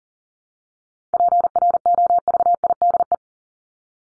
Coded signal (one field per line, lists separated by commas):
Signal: Morse code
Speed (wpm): 40 wpm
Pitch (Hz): 700 Hz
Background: none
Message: PROVIDE